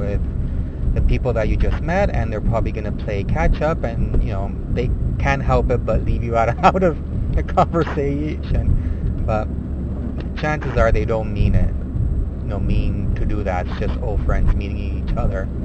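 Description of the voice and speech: An adult man who stutters speaks in a steady stream over a low rumble of traffic. Sounds are stretched mid-phrase ("with…", "they… can't") and there is one restart ("no mean to do that"). These mild prolongations and hesitations fit stuttering.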